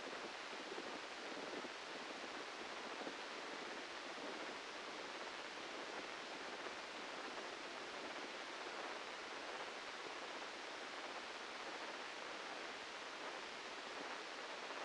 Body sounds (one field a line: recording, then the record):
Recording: brain microelectrode recording played as sound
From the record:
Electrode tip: outside the subthalamic nucleus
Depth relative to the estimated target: -3 mm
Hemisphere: left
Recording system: NeuroSet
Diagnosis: Parkinson's disease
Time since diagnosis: 13 years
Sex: male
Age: 63 years